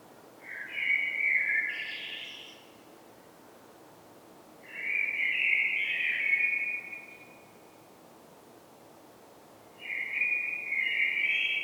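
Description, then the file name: Common blackbird song with three separate mellow fluted phrases roughly every four to five seconds, the first tipped with a high squeak. "Turdus merula"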